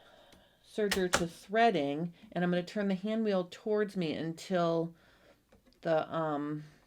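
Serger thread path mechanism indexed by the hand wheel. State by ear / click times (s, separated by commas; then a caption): not seated / none. Someone talks while turning the hand wheel of a Baby Lock Ovation serger toward themselves so the internal thread paths engage for air threading for a 4-thread safety stitch. Only speech and faint handling noise are heard; the thread paths have not clicked into place yet.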